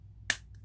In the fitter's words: Hear that click?